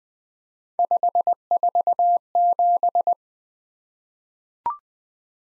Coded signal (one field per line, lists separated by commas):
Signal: Morse code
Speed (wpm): 20 wpm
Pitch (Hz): 700 Hz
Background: none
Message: 547